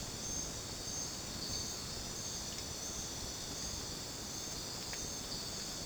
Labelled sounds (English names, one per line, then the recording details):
none
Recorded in dense forest near Puerto Asís, Putumayo, Colombia, on 13 March 2025 at 23:30
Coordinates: 0.486, -76.317
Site G053